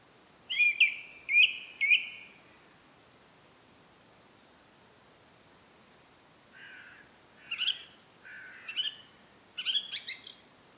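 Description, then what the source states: Song thrush song: a sharp whistled phrase repeated three times, then a pause and varied lower and higher phrases. Recorded at Rambjøra on 30 March 2023 with a Zoom recorder.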